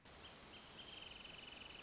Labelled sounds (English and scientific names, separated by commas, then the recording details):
Wrentit (Chamaea fasciata)
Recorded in Sonoma County, California